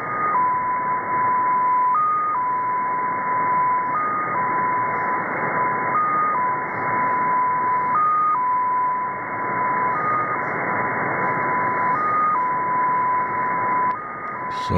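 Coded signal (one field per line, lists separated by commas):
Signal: numbers station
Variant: XPA2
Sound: steady whistle near 1 kHz, stepping briefly higher about every two seconds, in hiss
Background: radio static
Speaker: so what you are hearing uh over here is a russian number station it comes from near moscow russia apparently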